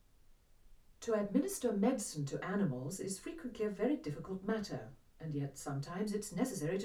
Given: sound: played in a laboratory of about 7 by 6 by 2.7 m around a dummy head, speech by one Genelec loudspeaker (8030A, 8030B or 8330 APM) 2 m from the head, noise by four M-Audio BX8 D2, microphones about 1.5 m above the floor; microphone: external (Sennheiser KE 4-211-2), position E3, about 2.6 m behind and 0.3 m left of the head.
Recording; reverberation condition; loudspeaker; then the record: female speech in English; low; 60 degrees to the left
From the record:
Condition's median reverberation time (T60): about 310 ms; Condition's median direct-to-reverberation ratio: about 3.5 dB